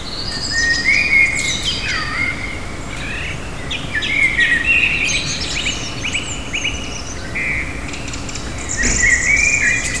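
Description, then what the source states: Birds chirping and twittering, a chorus of overlapping bright tweets and rapid trills with short swooping notes, set against a constant low ambient hum. Ambient birdsong recorded in the morning.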